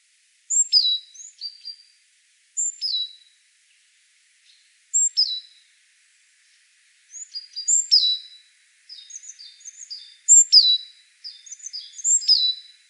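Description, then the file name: Great tit calls: scattered short groups of high downslurred notes at first, then denser runs of thin, squeaky chattering notes toward the end. "Parus major"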